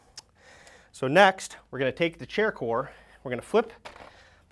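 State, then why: Seated. The large end of the gas cylinder for a Steelcase Series 2 office chair is slid into the hub of the upturned wheel base. A single sharp hit lands at 0.2 s, then someone talks. The cylinder seats in the chair base.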